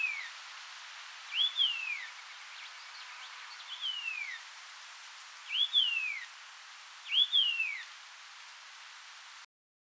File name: Carterornis Leucotis